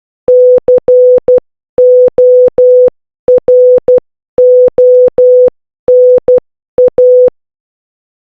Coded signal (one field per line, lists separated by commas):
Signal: Morse code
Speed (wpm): 12 wpm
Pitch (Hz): 500 Hz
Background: none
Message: CORONA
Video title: How to learn the Morse code